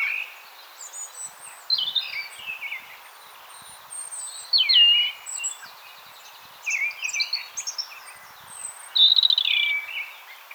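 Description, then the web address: European robin song in separate phrases of descending thin whistles and short trills, pausing between each. "SETE Erithacus rubecula"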